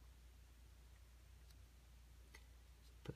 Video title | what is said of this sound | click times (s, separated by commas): Quick Tip #5 - How to Remove/Swap bands on Apple Watch | it right in there we go clicked into place now it's nice and snug and you are ready to go so | 3.1 s